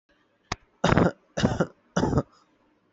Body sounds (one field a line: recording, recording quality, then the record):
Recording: heavy voluntary cough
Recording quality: excellent, no background noise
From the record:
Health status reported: healthy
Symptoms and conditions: none ticked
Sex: male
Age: 23 years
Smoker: not ticked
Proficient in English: yes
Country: India